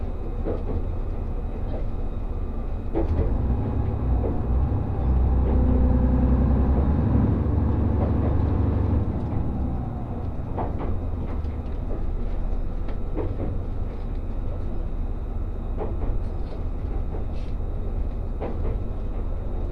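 Riding aboard the Resort Shirakami No. 4 train as it runs along the Sea of Japan coast from Ajigasawa. A steady low rumble of the moving train fills the whole stretch, swelling louder around the middle, with scattered clicks and knocks from the rails throughout.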